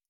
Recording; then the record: hydrophone in a shrimp aquaculture tank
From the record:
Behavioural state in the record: stressed